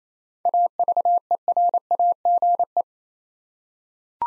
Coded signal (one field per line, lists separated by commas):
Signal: Morse code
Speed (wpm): 27 wpm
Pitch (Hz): 700 Hz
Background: none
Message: AVERAGE